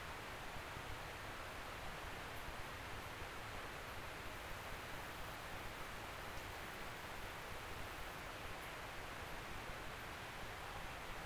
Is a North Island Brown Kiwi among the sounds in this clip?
no